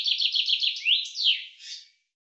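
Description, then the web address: Common chaffinch song heard from midway: rapid repeated notes, then a rising-and-falling flourish and a short final buzzy note. "Deverinetal 2025 File cleaned normalized Bird Fr Co"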